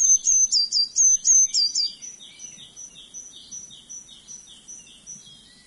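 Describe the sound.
Eurasian blue tit singing a loud run of high, clear notes alternating with lower ones, then softer repeated thin notes fading over the last few seconds.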